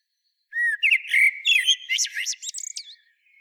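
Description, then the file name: Common blackbird song phrase: a short rich fluted warble sliding between notes, breaking into a jumbled high-pitched twittering flourish that fades away. "Turdus merula"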